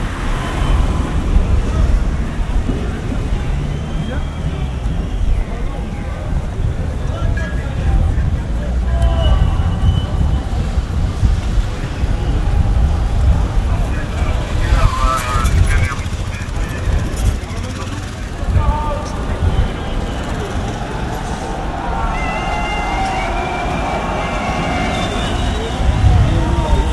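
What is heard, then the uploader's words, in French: A street protest against the Contrat Première Embauche in Grenoble: a dense, steady crowd roar with many voices overlapping and a heavy low rumble throughout. Sharp cries and whistles cut through now and then, with a burst of louder shouting around fifteen seconds. Manifestation contre Contrat Première Embauche, Grenoble en mars 2006.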